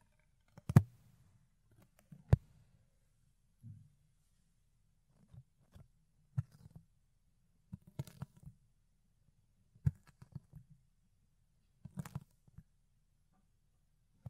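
Fluffy ear cleaning: soft, low rustling scrapes come in irregular bursts every second or two, with a few sharp clicks near 1, 2, 10 and 12 seconds.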